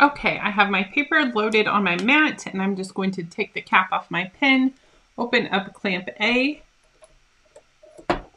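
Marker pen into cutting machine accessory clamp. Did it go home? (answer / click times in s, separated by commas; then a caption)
yes / 8.1 s. A marker pen, cap removed, is pushed down into the opened accessory clamp of a craft cutting machine while someone talks. It clicks into place at 8.1 s with a sharp, loud snap after a pause, and the pen is seated in the clamp.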